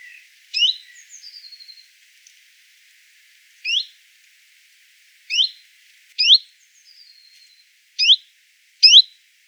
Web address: phylloscopus collybita call